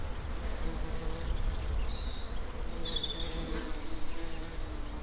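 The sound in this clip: Bee hum, steady and low, over a rumbling background, with a couple of short high chirps from a bird.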